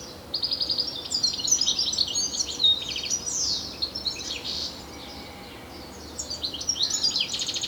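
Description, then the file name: European goldfinch calling in lively bursts, rapid tinkling twitters and sliding buzzy notes, pausing briefly before resuming. "Carduelis carduelis"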